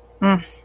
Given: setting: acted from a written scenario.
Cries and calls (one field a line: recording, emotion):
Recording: vocal sound without words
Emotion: shame